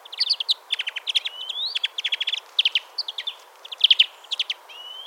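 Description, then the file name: European greenfinch with busy twittering trills and occasional rising wheezy notes, chirps tumbling almost without pause, a faint hiss behind. "Chloris chloris"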